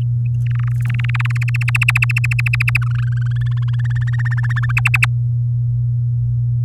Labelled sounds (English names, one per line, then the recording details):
Domestic Canary song
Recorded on 8 May 2018 at 05:51
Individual llb16